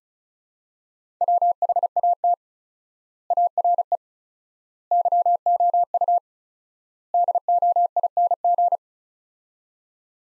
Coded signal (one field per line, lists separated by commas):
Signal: Morse code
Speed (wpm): 36 wpm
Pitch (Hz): 700 Hz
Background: none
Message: WHAT ARE YOU DOING